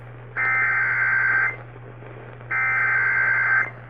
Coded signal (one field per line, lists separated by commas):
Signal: Emergency Alert System (SAME) tones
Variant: header bursts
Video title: Eas Fwd svr on WBAP-AM Eas#1975